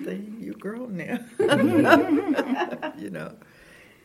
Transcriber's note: laughter